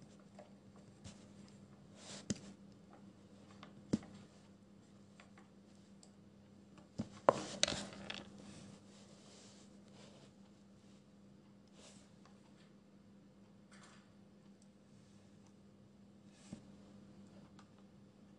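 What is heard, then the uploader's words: Pencil ASMR with scattered soft scratches and taps over a steady low hum. A louder cluster of rustling, scribbling strokes comes around the seven-to-eight-second mark, like a page being handled, and brief clicks land near 2, 4, 12 and 16 seconds. (NO MUSIC) Pencil ASMR, quiet space, page flipping, scribbles etc.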